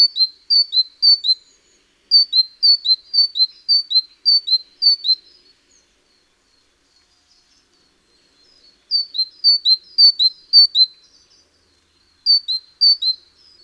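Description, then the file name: Great tit song of repeated see-saw two-note phrases in runs of several pairs, separated by pauses. "Parus major"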